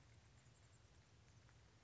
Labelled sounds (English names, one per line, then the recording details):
Chestnut-backed Chickadee
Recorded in Sonoma County, California